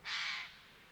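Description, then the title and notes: Eurasian jay uttering a single harsh, noisy screech lasting about half a second, broad and rasping, then quiet. Eurasian jays in October 2019, part of a large influx from northern Europe across France after poor oak fruiting in Scandinavia and likely strong breeding; varied calls in numbers. "sonothèque Fernand DEROUSSEN. Geai des chênes (Garrulus glandarius)"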